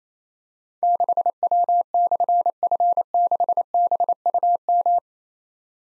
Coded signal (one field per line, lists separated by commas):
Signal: Morse code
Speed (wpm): 27 wpm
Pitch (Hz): 700 Hz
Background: none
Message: 6W/F6BUM